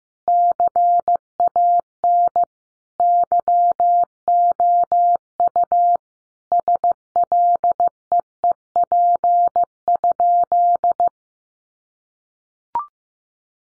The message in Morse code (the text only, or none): CAN YOU SLEEP?